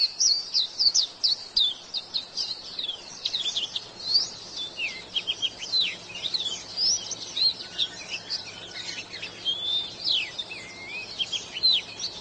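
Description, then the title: White-eye song as a continuous busy jumble of high, thin twittering and chirps, overlapping notes forming a steady chatter. "Pleci"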